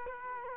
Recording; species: mosquito wingbeat signal from an infrared sensor; Culex quinquefasciatus